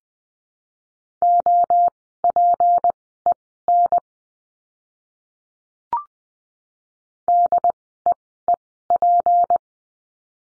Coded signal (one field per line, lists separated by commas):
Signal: Morse code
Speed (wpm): 20 wpm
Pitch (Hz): 700 Hz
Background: none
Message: OPEN DEEP